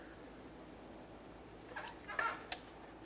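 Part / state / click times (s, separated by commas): wiring harness connector into ride height sensor / not seated / none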